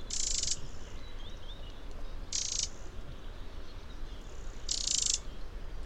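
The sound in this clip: Eurasian wren calls: three harsh, buzzy bursts about half a second long, spaced roughly two seconds apart, with faint thin whistles and a low rumbling background.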